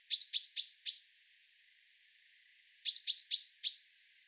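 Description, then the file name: Common chaffinch, two quick series of four bright chirping notes separated by a short silence. "Fringilla coelebs"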